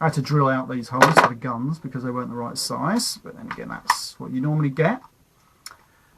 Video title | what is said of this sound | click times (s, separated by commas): Some More K.O. Transformers and What I've Been Buying Lately Video | So, the transformation, just flip up the head like that. That clicks into place quite nice | 5.7 s